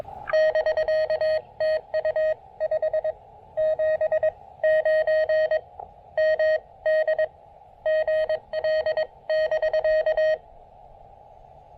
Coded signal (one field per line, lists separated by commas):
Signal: Morse code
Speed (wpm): 22 wpm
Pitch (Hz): 590 Hz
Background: none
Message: <BK> TU 579 MD GL <BK>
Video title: POTA at Yatesville Lake SP: Breaking up a seven hour road trip with some QRP field radio fun!